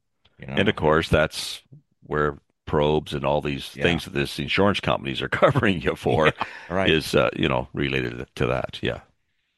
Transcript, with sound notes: And of course, that's where probes and all these-
Yeah.
... things that these insurance companies are covering you for- (laughs)
Right.
... is, uh, you know, related to that.